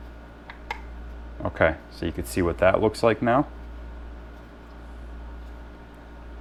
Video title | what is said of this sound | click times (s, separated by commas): Echo GT 225 Trimmer Head Replacement and String Install | down together until it clicks into place. | 0.5 s, 0.7 s